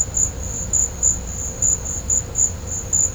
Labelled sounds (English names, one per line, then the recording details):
none
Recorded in pastures near Puerto Asís, Putumayo, Colombia, on 18 December 2024 at 13:00
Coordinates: 0.502, -76.324
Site G077